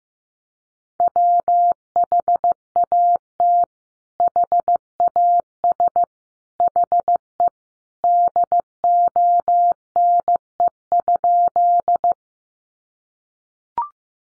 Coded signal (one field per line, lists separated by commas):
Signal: Morse code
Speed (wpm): 15 wpm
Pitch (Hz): 700 Hz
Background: none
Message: WHAT HAS HE DONE?